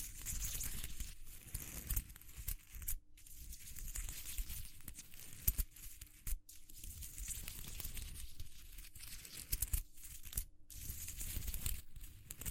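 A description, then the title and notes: Textures are handled for ASMR, with dense crinkling and scratching that has a rough, tearing edge. The rustling runs almost continuously, with short bursts, occasional crisp clicks, and a few brief silent breaks near 3, 6.5 and 10.5 seconds. A faint low steady hum sits underneath. ASMR Exploring Textures (No Talking).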